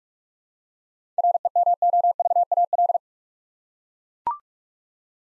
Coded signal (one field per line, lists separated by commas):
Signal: Morse code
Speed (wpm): 42 wpm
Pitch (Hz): 700 Hz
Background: none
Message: REMOVAL